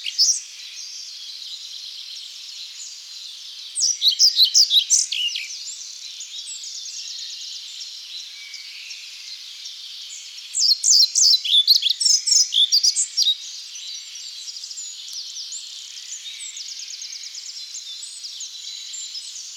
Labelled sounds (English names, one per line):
European Pied Flycatcher song